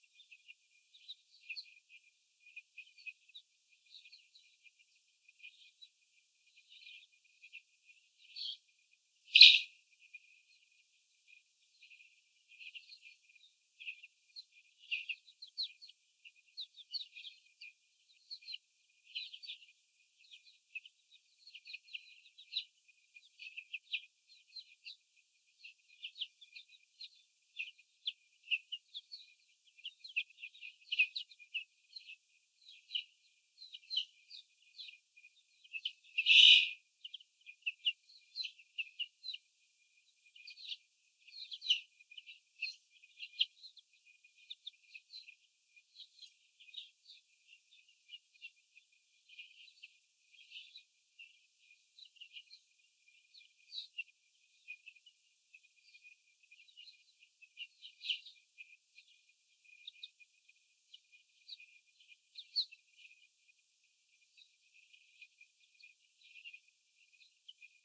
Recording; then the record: young laying hens in a cage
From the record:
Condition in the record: after the stressor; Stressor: sudden umbrella opening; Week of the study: 3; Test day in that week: 2